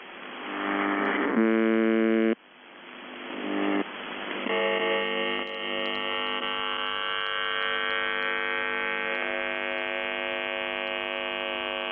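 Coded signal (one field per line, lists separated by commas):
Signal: channel marker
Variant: UVB-76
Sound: harsh low droning buzz with noisy bursts, then a long continuous buzz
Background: radio static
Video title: The Buzzer/UVB-76(4625Khz) April 22, 2021 Voice messages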